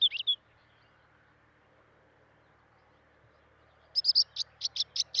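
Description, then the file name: Finsch's wheatear song: a brief scratchy phrase at the start, a long silence, then a run of several buzzy, chattering high notes near the end. "Oenanthe finschii song"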